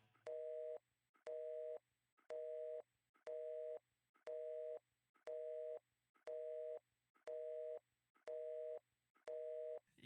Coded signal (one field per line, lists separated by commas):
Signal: telephone call progress tone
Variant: North America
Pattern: busy tone